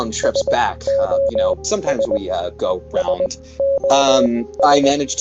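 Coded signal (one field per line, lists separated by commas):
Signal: Morse code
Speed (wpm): 20 wpm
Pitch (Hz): 550 Hz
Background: speech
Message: SOS E SOS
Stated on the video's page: Morse code SOS sound effect in a tabletop game stream.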